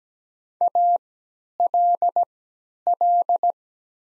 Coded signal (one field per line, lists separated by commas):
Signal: Morse code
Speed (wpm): 17 wpm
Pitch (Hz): 700 Hz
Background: none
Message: ALL